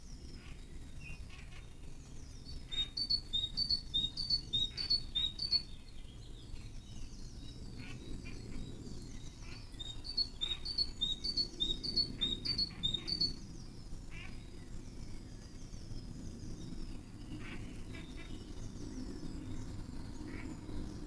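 Early-morning birds in a garden call back and forth. Two bright bursts of rapid, repeated chirps stand out, one around three to five seconds and another near ten to thirteen, over scattered softer calls and a steady low rumble.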